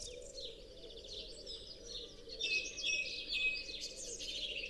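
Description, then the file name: European greenfinch giving rapid, twittering chirps and trills that run almost continuously, over a low steady background hum. "Chloris chloris"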